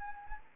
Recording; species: mosquito wingbeat signal from an infrared sensor; Anopheles gambiae